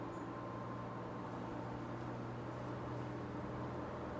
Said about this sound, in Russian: Старик просыпается, он едет в автобусе. Автобус едет по улицам города.